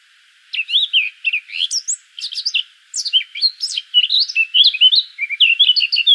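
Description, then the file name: Eurasian blackcap delivering a continuous, hurried warble of mixed scratchy and whistled notes. "Sylvia atricapilla"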